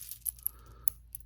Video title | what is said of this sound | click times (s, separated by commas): Biggest Miami Cuban Box Clasp We Made!!! 925 Silver Kilo Chain! Also Another Harlembling Sale Live! | You hear this click? | 0.5 s, 0.9 s